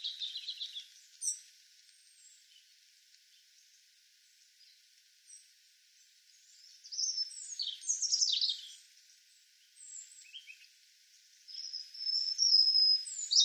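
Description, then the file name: European robin song, high sweet twittering phrases with quick descending notes and thin sustained whistles, separated by quiet gaps. "Erithacus rubecula"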